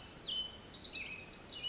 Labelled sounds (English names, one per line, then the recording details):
Pacific Wren
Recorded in Sonoma County, California